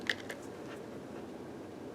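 The plug of a referee communication headset cable is handled at its socket on a RefAudio Elite unit, pushed to make sure it goes all the way in, since a plug that is not fully seated will not transmit. A sharp, faint tick sounds at about 0.1 s and a softer one at 0.3 s, followed by a steady low hiss. Nothing has seated or clicked yet.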